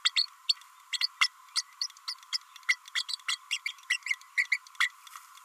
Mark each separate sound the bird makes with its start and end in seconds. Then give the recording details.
0.04-0.11, 0.16-0.27, 0.48-0.54, 0.92-0.99, 1.00-1.08, 1.21-1.28, 1.55-1.62, 2.08-2.14, 2.32-2.38, 2.68-2.76, 2.95-3.04, 3.08-3.16, 3.28-3.37, 3.51-3.59, 3.65-3.72, 3.90-3.98, 4.06-4.15, 4.37-4.46, 4.52-4.58, 4.80-4.89. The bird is a female. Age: 30 days. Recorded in a nest box in Venezuela. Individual 17B32A5